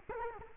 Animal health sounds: mosquito wingbeat signal from an infrared sensor; Culex quinquefasciatus

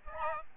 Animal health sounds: mosquito wingbeat signal from an infrared sensor; Aedes albopictus

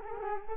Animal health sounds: mosquito wingbeat signal from an infrared sensor; Culex quinquefasciatus

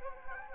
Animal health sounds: mosquito wingbeat signal from an infrared sensor; Anopheles gambiae

